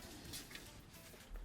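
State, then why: Not seated. Gold metal pressure retaining clips are handled at the plastic console trim mounts of a Tesla Model 3/Y during a rear climate, heated seat and music control screen install. Low rustling and handling noise run throughout, with a brief sharp transient near 0.6 s. Nothing has seated or clicked yet; the clips are not yet home.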